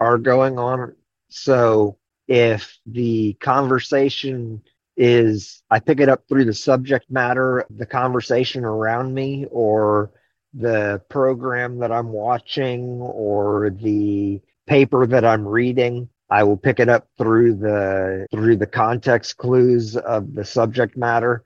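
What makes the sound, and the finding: Adult man speaking. Unaffected speaker.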